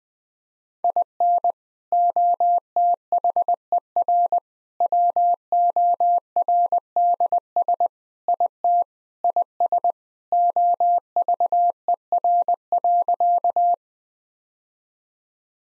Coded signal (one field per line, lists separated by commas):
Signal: Morse code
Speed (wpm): 20 wpm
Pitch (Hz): 700 Hz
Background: none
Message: IN OTHER WORDS IT IS OVER.